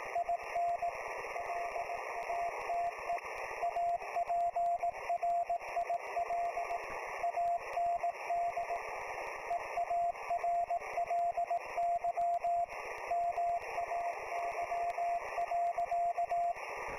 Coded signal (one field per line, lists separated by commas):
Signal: Morse code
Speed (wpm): 18 wpm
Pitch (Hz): 690 Hz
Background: radio noise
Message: IN LATE APRIL AND EARLY MAY.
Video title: 5/11/26 Live WV3V - FTDX-10, HF, VHF, CW , FT8, ADS-B